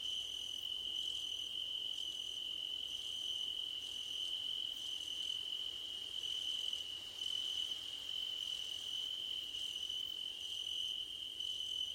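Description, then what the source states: Crickets singing, an unbroken shrill trill with softer chirps pulsing roughly once per second over it. Crickets at night under a starlit sky, presented as nighttime ambience for sleep and relaxation.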